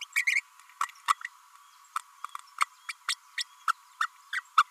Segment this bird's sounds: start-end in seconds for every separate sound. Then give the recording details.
0.01-0.04, 0.27-0.41, 0.80-0.83, 1.07-1.14, 1.95-1.99, 2.60-2.65, 2.89-2.92, 3.08-3.15, 3.37-3.44, 3.68-3.72, 4.00-4.07, 4.33-4.41, 4.57-4.63. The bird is a female. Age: 32 days. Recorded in a nest box in Venezuela. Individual 17B32A5